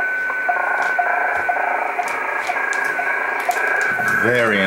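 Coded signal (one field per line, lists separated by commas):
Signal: weather fax (radiofax)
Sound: rough scratchy tone band with a faint steady whistle, ticking twice a second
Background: radio static, brief voice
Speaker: this is very weird because 20 M BAND is not a place for hfx transmissions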